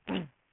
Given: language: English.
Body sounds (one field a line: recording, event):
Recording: throat vibration sensor signal played as sound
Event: throat clearing